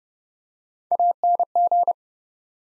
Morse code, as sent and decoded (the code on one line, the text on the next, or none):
.- -. --.
ANG